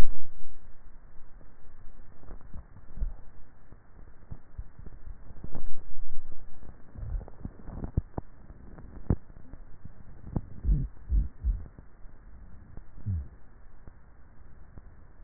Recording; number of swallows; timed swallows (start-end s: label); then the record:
swallowing sounds by neck microphone; 2
2.32-3.02 s: swallow
4.42-5.12 s: swallow
From the record:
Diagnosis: dysphagia